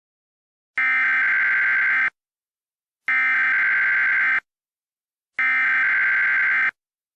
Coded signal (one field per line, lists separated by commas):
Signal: Emergency Alert System (SAME) tones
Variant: header bursts